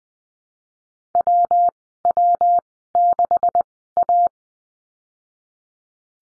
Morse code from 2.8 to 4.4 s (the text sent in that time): 6 A